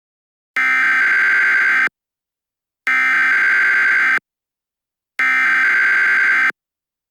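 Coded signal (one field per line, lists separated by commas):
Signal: Emergency Alert System (SAME) tones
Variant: header bursts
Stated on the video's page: Fictional EAS scenario, low quality.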